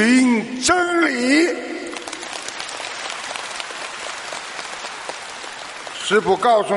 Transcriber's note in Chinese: 掌声